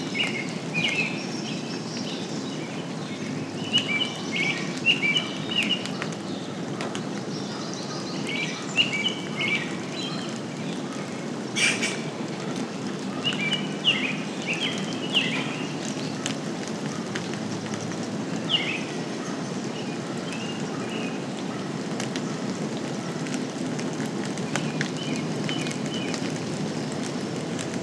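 Songbirds chirp and trill through a steady wash of light rain, their short phrases recurring every few seconds. A low, continuous rumble sits underneath, like distant rolling thunder, and a sharp crackle stands out near the twelve-second mark.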